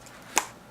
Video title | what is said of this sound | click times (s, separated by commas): Sephora (JC Penney) Haul May 2017 becasue it's my Sister's Birthday month | Like, can you guys hear that clicking? | 0.4 s